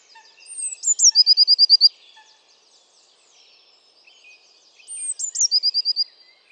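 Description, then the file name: Eurasian blue tit giving two high phrases, each a few thin introductory notes followed by a quick run of several identical trilled notes, separated by a few seconds of quiet. "Cyanistes caeruleus"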